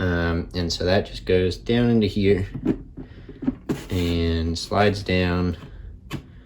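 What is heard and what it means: Someone talks while a purple-marked plastic component of an indoor hydroponic garden is lowered and slid down into its slot in the base. Only faint handling noise is heard under the talk. Nothing has seated or clicked yet.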